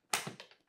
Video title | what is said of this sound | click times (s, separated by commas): Beis Carry-On Roller: Pros & Cons 🛄❌ – Full Breakdown Honest Review | they just pop out real easy um this has been really cool it's also easy to change | 0.1 s